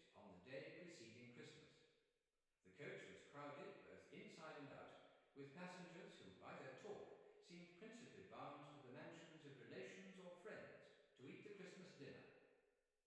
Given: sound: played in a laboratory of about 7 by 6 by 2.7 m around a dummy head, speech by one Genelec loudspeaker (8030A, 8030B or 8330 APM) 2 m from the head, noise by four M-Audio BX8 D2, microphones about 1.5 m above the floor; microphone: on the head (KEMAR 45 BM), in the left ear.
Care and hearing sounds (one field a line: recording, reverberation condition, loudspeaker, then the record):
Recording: male speech in English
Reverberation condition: high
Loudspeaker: 60 degrees to the right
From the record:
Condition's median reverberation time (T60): about 1300 ms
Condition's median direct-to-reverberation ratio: about -4.0 dB